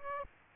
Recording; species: mosquito wingbeat signal from an infrared sensor; Aedes aegypti